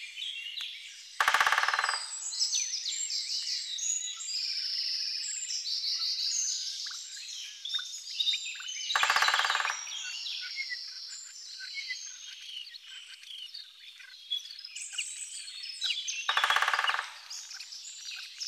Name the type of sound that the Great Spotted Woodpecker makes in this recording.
drumming